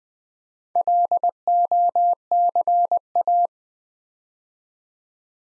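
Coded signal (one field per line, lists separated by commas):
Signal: Morse code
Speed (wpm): 20 wpm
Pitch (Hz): 700 Hz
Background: none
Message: LOCA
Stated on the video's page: Morse practice at 20 wpm building 8-letter words two letters at a time.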